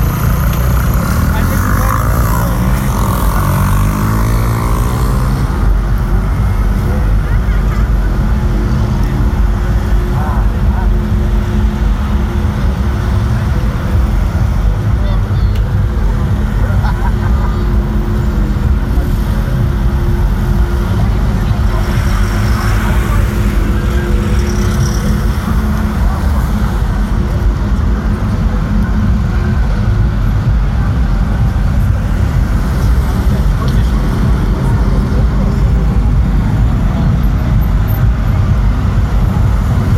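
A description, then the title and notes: A dense, steady crowd murmur fills a busy street crossing, with a low traffic rumble, scattered voices and a rising whine early on. Halloween Crowded at/around Shibuya Scrumble Crossing, (about)0:00 a.m. Recorded with my iPhone instantly! モノラル録音。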